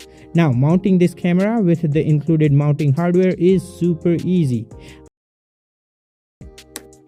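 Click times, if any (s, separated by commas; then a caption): 6.8 s. Someone talks over music, then after a short silence a plastic mounting bracket is pushed onto the base of an Arenti OP1 outdoor pan/tilt security camera with a few handling sounds. The bracket latches with a sharp click at 6.8 s, which confirms it is seated. This audible click matters because without it the camera might fall loose.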